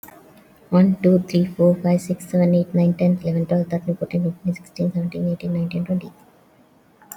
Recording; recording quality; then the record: counting at a fast pace; excellent, no background noise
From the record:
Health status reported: respiratory illness, not identified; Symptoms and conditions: cough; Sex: female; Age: 41 years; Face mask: worn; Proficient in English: yes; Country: India